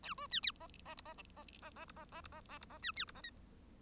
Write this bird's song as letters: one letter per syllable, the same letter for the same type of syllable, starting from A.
A B C D E E F E E E E F E E F E E F E C D F E G